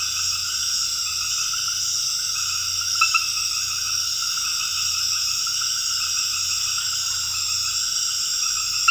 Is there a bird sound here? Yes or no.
no